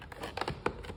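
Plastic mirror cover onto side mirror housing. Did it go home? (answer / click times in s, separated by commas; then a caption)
no / none. A painted plastic mirror cover for the passenger side mirror of a 2022-2024 Hyundai Tucson SEL is handled against the side mirror housing: slid up from the bottom with its tabs guided in. Short plastic knocks and scrapes are heard, the sharpest at 0.4 s and 0.7 s. Nothing has seated or clicked yet.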